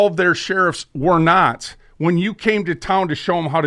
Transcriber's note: none